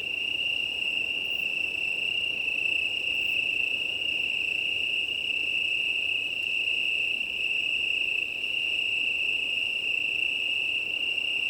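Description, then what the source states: Italian tree cricket chorus as a continuous even trill, with a couple of brief clicks and a steady wash of wind noise. Chorus of many Italian tree crickets at start of night, 20:35 on 18 September 2019, Plateau de Lesches en Diois, Drôme, France; windy; recorded with Nomad six-track recorder and MKH8020 microphones.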